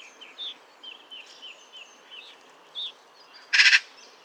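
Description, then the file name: Eurasian magpie: a series of short, thin notes, then a single loud, harsh chatter burst near the end. "Pica pica"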